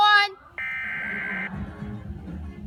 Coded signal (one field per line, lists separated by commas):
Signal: Emergency Alert System (SAME) tones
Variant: header bursts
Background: speech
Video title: Severe Thunderstorm Warning EAS #37